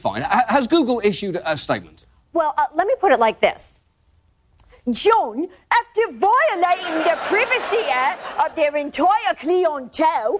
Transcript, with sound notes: Has Google issued a statement?
Well, let me put it like this, (with British accent) John, after violating the privacy act of their entire clientele...